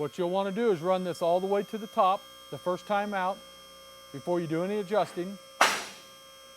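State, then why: Seated. Someone talks while a two-post car lift is raised for the first time, with a steady electrical hum underneath. At 5.6 s a steel safety lock pawl clicks sharply into a hole in the lock ladder of the lift column. The lock seats, though the locks are not yet adjusted, so the two sides do not click together.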